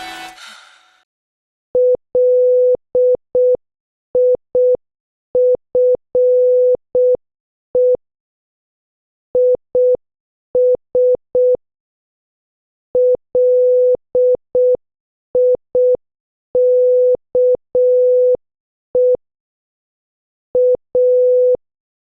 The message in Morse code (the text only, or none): LIFE IS LIKE A